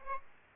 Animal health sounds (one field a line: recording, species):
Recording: mosquito wingbeat signal from an infrared sensor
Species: Aedes aegypti